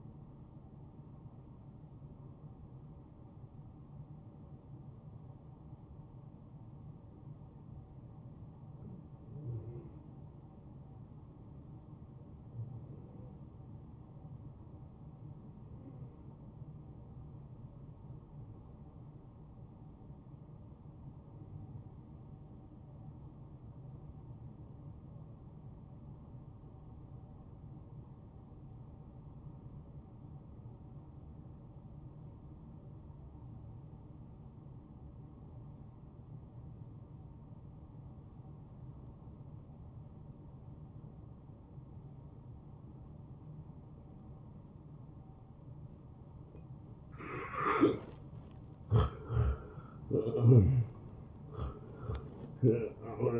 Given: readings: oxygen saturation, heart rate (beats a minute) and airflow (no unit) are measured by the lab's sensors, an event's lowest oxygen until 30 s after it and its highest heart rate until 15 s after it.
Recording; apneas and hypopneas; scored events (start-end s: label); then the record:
breathing in sleep by a smartphone at the bedside; 1
3.00-47.80 s: hypopnea (N1, oxygen 96% highest, then 86% lowest)
From the record:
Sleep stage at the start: N1 (lightest sleep); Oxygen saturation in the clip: 82 to 96%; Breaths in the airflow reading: 15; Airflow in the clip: -16.5 to 8.9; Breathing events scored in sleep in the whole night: 263 in 5.5 hours asleep